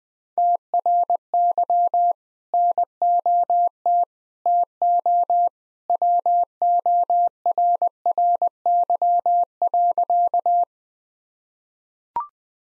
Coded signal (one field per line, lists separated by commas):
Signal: Morse code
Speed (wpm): 20 wpm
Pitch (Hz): 700 Hz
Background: none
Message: TRY NOT TO WORRY.